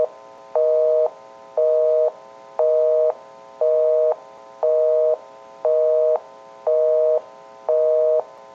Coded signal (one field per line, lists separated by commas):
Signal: telephone call progress tone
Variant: North America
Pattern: busy tone